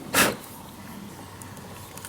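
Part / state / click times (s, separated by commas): heated seat wiring connector into its mating connector / not seated / none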